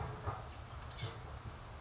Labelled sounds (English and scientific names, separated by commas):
Oak Titmouse (Baeolophus inornatus)